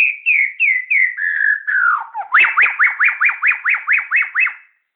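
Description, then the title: White-rumped shama song opening with repeated falling whistles, then a fast series of about ten sharp, rising-falling notes repeated evenly. Bornean type of shama (murai Borneo). "MURAI BORNEO MAS KIKI"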